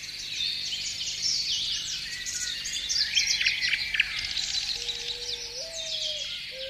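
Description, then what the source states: Many birds sing together in a busy mix of high twittering trills, while a lower whistle rises and then holds steady toward the finish. Morning.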